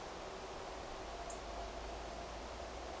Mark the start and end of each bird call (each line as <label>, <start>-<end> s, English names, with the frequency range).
Song Thrush (6.3-10.0 kHz), 1.29-1.32 s